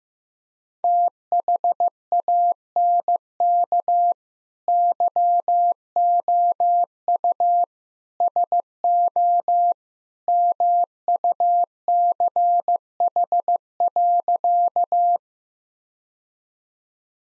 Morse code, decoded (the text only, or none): THANK YOU SO MUCH.